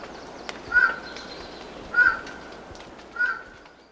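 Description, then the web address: Highland Tinamou calls: three short, clear notes near the same pitch, spaced a little over a second apart, with faint hiss behind. Recorded in Ecuador. "Natures Songs S America Birds of Ecuador. Highland Tinamou"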